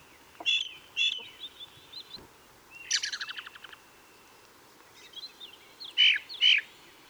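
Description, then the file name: Ring ouzel calling: paired clear notes, a rapid dry chattering burst, then another loud pair. Recorded on the Wank near Garmisch on 26 April 2014. "Ringdrossel. Wank. Michle Pron"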